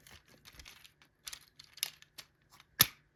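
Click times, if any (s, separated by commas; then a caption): 2.8 s. While a plastic Transformers Studio Series Voyager Class NEST Bonecrusher action figure is being transformed, a body section is raised until it locks into its joint. Soft plastic rattles and small taps of the parts being moved are heard, followed by a sharp, loud click at 2.8 s as the section seats firmly in place.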